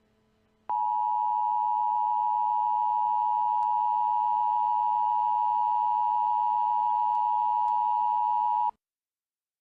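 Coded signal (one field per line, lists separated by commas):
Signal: Emergency Alert System (SAME) tones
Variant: 853 and 960 Hz attention tone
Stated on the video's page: Mock EAS alert.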